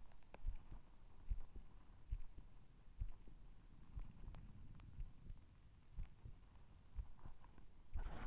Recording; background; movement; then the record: deep breathing; quiet; sitting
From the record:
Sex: male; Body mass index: 20.5 kg/m2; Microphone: on the chest, facing the body